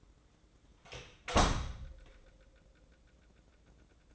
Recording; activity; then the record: daily activity, microphone in the room; close door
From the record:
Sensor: 3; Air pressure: 1012.3 hPa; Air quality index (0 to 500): 176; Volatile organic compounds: 3 ppm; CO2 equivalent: 1349 ppm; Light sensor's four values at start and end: 568/1411/583/596 and 569/1414/585/598